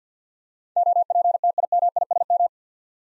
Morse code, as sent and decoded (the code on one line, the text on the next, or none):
--- .--. - .. -- .. ... --
OPTIMISM